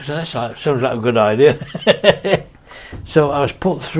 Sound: laughs